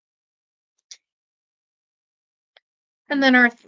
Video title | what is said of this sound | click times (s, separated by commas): Same Beads, how to create 2 styles of bracelets . | we'll add on that second jump ring and just hear that little click. | 0.9 s